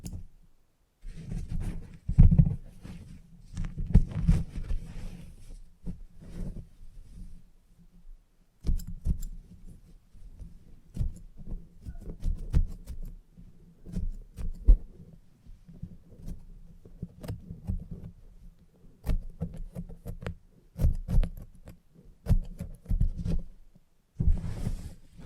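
A salon haircut with a low, steady hum running under frequent short snips and rustles that come in irregular bursts. Crisp clicks and brushing sounds cluster densely, pausing briefly near six and twenty-four seconds before resuming.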